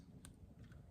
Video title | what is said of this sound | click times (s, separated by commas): Basic wild camp #1 | You hear the gas click, | 0.2 s